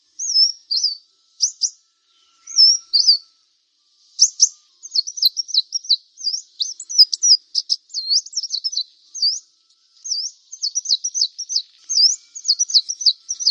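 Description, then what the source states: Brown-throated Sunbird song: high, sharp twittering phrases, first spaced, then a long continuous jumble of quick zigzag and upslurred notes. Local name kolibri kelapa; described as gacor, singing vigorously.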